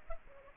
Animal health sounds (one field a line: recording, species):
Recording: mosquito wingbeat signal from an infrared sensor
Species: Aedes aegypti